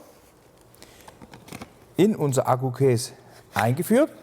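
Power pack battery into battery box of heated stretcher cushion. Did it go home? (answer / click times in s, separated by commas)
no / none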